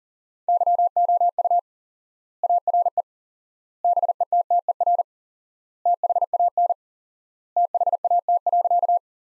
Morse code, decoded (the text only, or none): YOU ARE BETTER THAN THAT.